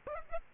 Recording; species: mosquito wingbeat signal from an infrared sensor; Aedes aegypti